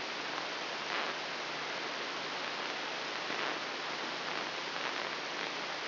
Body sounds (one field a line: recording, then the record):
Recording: brain microelectrode recording played as sound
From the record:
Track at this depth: inside the subthalamic nucleus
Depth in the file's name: 2.709 mm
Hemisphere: left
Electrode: 3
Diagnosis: Parkinson's disease